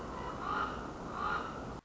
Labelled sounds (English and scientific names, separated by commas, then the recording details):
Common Raven (Corvus corax)
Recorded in Sonoma County, California